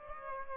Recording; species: mosquito wingbeat signal from an infrared sensor; Aedes aegypti